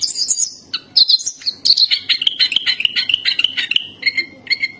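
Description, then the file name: Black-capped white-eye giving a quick, tumbling twitter of high chirps that drops into a series of evenly repeated sweet notes, closing with two short whistles. "suara pleci dahi topi hitam"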